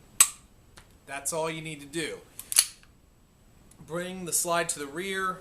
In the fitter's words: pull down you'll hear a click that's